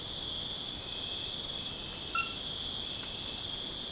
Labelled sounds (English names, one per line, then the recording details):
none
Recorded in pastures near Puerto Asís, Putumayo, Colombia, on 30 June 2025 at 02:00
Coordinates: 0.496, -76.326
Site GP01